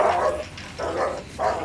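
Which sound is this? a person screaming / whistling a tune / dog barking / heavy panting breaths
dog barking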